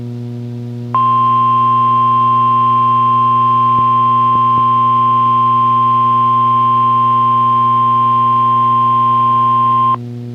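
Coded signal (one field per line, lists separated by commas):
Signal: Emergency Alert System (SAME) tones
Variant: 1050 Hz attention tone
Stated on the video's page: NOAA Weather Radio special weather statement for fog and a required weekly test on WXK26.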